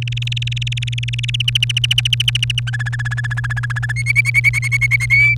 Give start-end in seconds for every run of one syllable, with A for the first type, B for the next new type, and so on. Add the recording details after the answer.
0.02-1.42 A, 1.48-2.60 B, 2.67-3.92 C, 3.96-5.06 D, 5.10-5.35 E. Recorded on 29 April 2018 at 06:18. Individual llb3